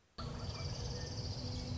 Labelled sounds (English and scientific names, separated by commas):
Orange-crowned Warbler (Leiothlypis celata)